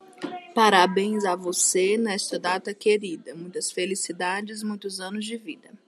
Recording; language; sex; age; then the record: short text; Brazilian Portuguese; male; 30 to 39 years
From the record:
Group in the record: control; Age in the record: 38 years